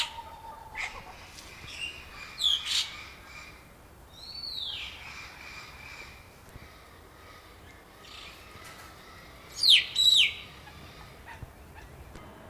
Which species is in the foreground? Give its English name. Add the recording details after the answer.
Red-rumped Cacique. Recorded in captivity. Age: adult. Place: Zoo Berlin, Berlin, DE. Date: 1997-12-23. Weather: overcast, hazy, ca. 0-2°C. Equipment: Nagra SN, Kopie Uher 4000 Report Monitor. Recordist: Tembrock, Günter